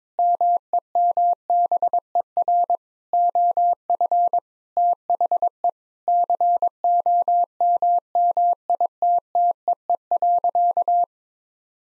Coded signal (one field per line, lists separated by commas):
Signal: Morse code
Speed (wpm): 22 wpm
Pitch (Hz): 700 Hz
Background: none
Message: MEMBER OF THE COMMITTEE.